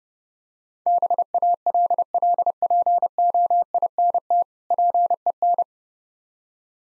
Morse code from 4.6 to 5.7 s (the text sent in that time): PEN